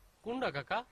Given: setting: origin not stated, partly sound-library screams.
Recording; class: one-second piece from a danger detection set; normal situation